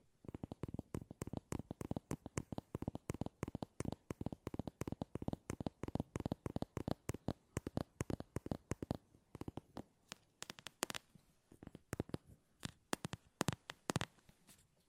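Fast tapping in quick, dense bursts fills the first nine seconds, each tap a short sharp click with a soft low thud beneath. After that the taps thin out into sparser, crisper clusters with brief gaps of quiet between them. No voices are heard.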